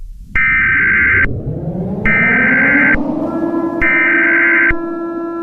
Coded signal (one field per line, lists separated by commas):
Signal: Emergency Alert System (SAME) tones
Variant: header bursts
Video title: EAS Scenario #6 Time Goes Backwards